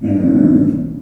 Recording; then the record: squeal of a Yucatan mini pig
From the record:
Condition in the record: after surgery on the right vocal fold (resection and tissue-engineered implant); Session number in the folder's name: 5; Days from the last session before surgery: 33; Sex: female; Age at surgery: 19 weeks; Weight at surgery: 25 kg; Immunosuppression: prednisolone